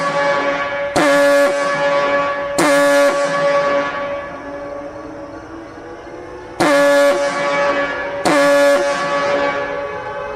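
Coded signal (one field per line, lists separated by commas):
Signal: coded fire alarm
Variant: Gamewell diaphone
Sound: deep diaphone horn blasts in two pairs, echoing between blasts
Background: outdoor echo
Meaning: Fire alarm alerting the fire brigade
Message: 2-2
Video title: Siren signal "FIRE" (USA 🇺🇸) | Gamewell Diaphone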